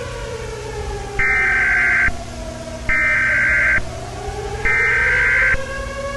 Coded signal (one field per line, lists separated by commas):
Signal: Emergency Alert System (SAME) tones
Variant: header bursts